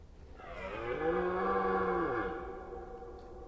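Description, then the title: Red deer stag giving a single deep, drawn-out roar that swells and then fades over about two seconds. Red deer during the rut, Forêt d'Orléans, France. "hifi soundscape lama. Red Deer Rut - Forêt d'Orleans, France"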